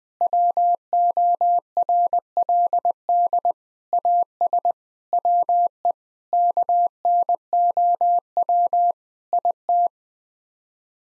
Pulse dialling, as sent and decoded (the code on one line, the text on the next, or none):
none